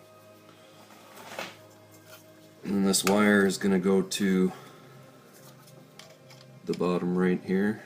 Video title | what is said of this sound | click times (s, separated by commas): 240SX Starter Install and Ignition Tune Up - How To | get all around the plug there give it a nice push on feel that click | 1.4 s